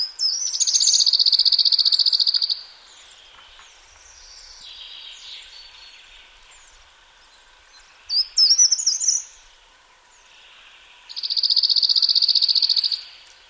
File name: cirlbunting